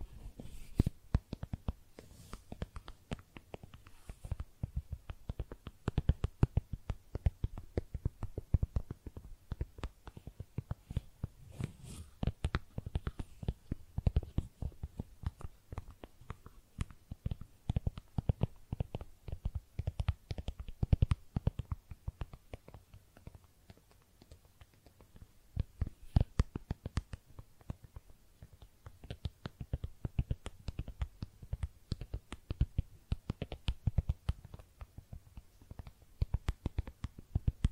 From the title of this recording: Makeup Tapping & Scratching Sounds